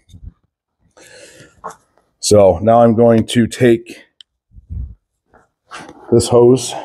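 During an "Evil Energy" oil catch can install on the 2.4L Ecotec engine of a 2010-2017 Chevy Equinox or GMC Terrain, done to fix PCV issues, the PCV hose and its quick-connect end are handled near the engine or catch can port. Someone talks between a few faint, brief handling noises, and one sharp short tick stands out at about 4.2 seconds. The fitting has not been pushed on yet, and nothing has seated or clicked into the port.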